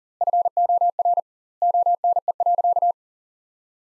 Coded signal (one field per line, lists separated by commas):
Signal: Morse code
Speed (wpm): 40 wpm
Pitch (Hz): 700 Hz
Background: none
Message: FOR ONE.